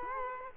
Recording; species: mosquito wingbeat signal from an infrared sensor; Culex quinquefasciatus